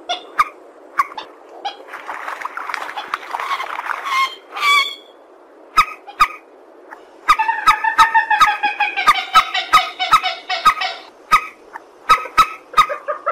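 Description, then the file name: Purple swamphen: softer scratchy calls at first, then a strong run of nasal, harmonic honks with sharp clicks between phrases. "tieng trich re keu"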